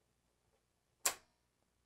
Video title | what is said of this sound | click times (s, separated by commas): JUKI MO-1000 Serger- Sewing Machine Review | so I'm going to turn the hand wheel towards me and you're going to hear a click | 1.1 s